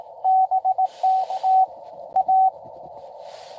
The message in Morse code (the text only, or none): BT TA